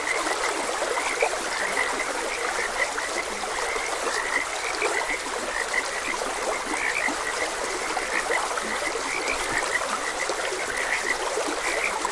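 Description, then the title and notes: A continuous frog chorus of short croaks blends with the even hiss of flowing water throughout. Frogs croaking beside a gentle stream. "Gentle Stream and Frogs Croaking. Sleep and Relaxation Podcast"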